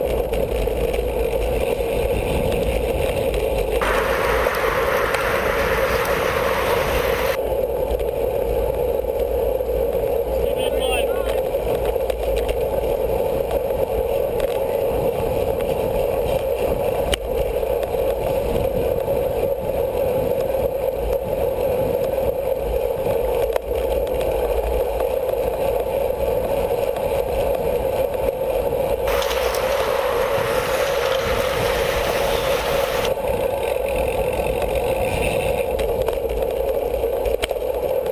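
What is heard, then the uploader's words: A bicycle race heard as a steady, unchanging mid-pitched drone, with two brief bright rushing swells as riders sweep past, around five and thirty seconds. 30 Minutes of Bicycle Racing Audio From EpicPlanet.tv. Audio from an actual Criterium bike race.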